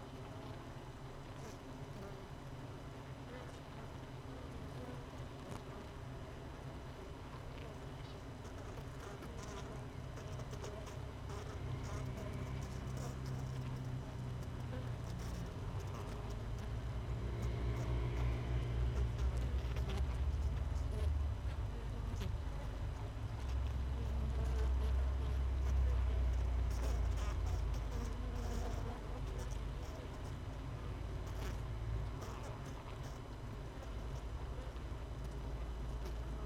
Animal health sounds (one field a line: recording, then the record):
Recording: honeybee colony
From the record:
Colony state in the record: missing queen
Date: 31 May 2018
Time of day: 16:38